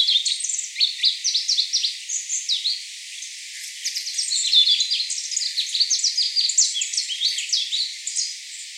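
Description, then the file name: Warbling white-eye song: a fast, continuous twittering warble of high squeaky notes tumbling up and down without pause for the whole stretch. 10 March 2017. "mejiro S 170310"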